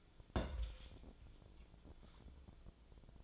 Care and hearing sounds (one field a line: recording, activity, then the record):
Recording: daily activity, microphone in the room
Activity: place on stove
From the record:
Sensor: 5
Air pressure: 1010.0 hPa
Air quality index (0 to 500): 154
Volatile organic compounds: 3 ppm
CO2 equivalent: 1506 ppm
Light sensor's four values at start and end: 244/592/252/277 and 245/592/253/278